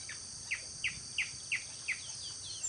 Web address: Band tailed hornero. صدای-پرنده-هورنرو-دمنواری